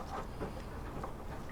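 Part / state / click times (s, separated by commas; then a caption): marked mechanism part pressed onto the record changer mechanism of an automatic turntable / not seated / none. During reassembly of a BSR UA25 automatic turntable, a small mechanism part is lined up by its alignment mark and handled against the record changer mechanism, with light scrapes and taps over steady background noise and a brief sharper tap at about 1.0 s. The part has not clicked into place yet; nothing has seated by the end of the clip.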